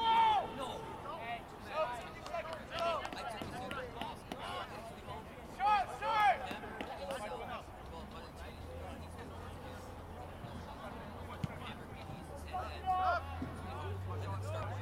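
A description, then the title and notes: Sounds of a soccer game, with voices talking and calling out over a steady crowd murmur. Louder shouts stand out near the start, around six seconds and again near thirteen seconds. A low engine hum comes in from about eight seconds and holds to the end. Soccer Game. This recording was taken at my high school; looking out onto the field from the bleachers.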